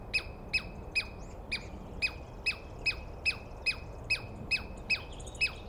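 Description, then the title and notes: Douglas squirrel calls: a rapid, even string of harsh, downward-slurring chips, about two or three per second. Wild Douglas pine squirrel screaming at length at dawn, morning of 21 April 2017, East Cascades; recordist woken by it; identified by sound without a good look. "Interview With The Chipmunk. On the morning of 21 April, 2017, I set up my microphones and recorder for a nice dawn recording in the East Cascades. I was started awake by a screaming Douglas Pine Squirrel"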